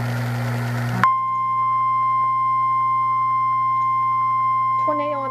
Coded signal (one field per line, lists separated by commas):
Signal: Emergency Alert System (SAME) tones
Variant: 1050 Hz attention tone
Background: speech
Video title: REAL EAS 216- Tornado warning